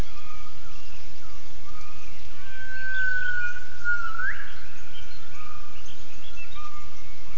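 Gibbon call: one long whistled note, level then dipping slightly before sweeping sharply upward, with faint shorter whistles later over steady hissing background noise.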